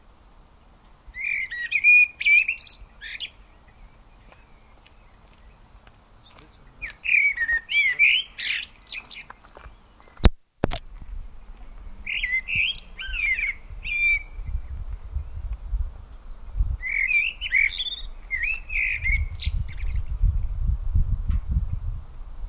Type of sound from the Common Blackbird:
song